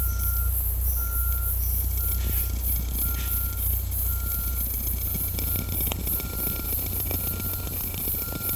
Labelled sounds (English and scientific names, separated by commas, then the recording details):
none
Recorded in dense forest near Puerto Asís, Putumayo, Colombia, on 15 December 2024 at 11:00
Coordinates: 0.503, -76.323
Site G043